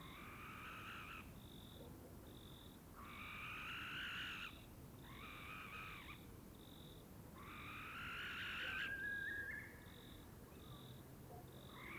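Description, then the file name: Barn owl rasping screeches repeated several times, harsh and drawn out, separated by regular short high pips and a thin rising whistle near the end. A pair in courtship flight. "Common Barn Owl Courtship flight of pair"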